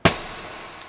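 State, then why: Seated. On a 2010 GMC Yukon XL SLT 4WD, the third-row seat back is pushed down by hand until it latches into its floor latch. A single sharp, clang-like hit at 0.05 s is followed by a decaying ring, and the seat back is locked into place.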